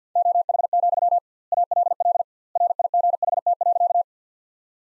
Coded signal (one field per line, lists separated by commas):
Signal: Morse code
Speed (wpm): 50 wpm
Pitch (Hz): 700 Hz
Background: none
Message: OH, ALL RIGHT.